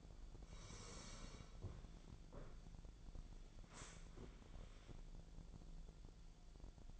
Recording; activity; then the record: daily activity, microphone in the room; sit down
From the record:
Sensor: 5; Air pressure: 1000.5 hPa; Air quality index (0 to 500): 148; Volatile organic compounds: 2 ppm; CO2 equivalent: 1143 ppm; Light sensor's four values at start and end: 47/110/46/49 and 47/110/46/49